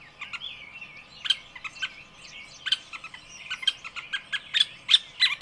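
Bird chorus of rapid irregular chirps and thin whistled slides, tweets coming several times a second with louder notes late on.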